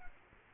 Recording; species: mosquito wingbeat signal from an infrared sensor; Culex quinquefasciatus